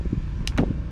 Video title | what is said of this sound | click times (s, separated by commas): Diagnose and Replace a Minn Kota Ultrex Control Board | Click. Good. | 0.5 s